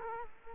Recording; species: mosquito wingbeat signal from an infrared sensor; Culex quinquefasciatus